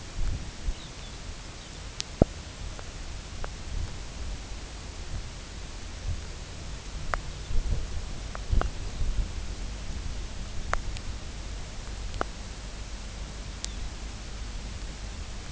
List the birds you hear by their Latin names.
Calcarius lapponicus